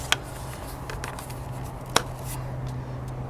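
On a Lexus ES350, the remaining metal clips on the plastic engine air filter housing are snapped shut one after another. Two sharp, loud clicks land at 0.1 s and 2.0 s, with a few faint ticks between them over a steady low hum. The air filter housing cover is latched closed onto the airbox and the job is done.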